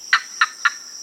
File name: green heron